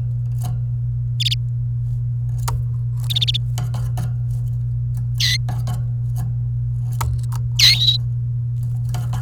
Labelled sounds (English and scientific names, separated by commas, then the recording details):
Domestic Canary (Serinus canaria) song
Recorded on 29 April 2018 at 12:14
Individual llb3